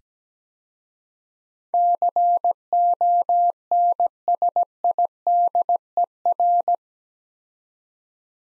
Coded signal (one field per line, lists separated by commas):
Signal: Morse code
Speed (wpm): 17 wpm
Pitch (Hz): 700 Hz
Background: none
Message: CONSIDER